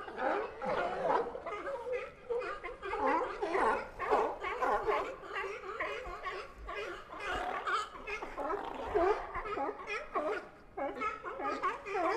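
Sea lions fighting for space on floating docks at Pier 39 bark and bellow almost without pause, many calls overlapping into a dense, raucous din. The harsh, throaty barks rise and fall in quick bursts, with brief dips around five and ten seconds.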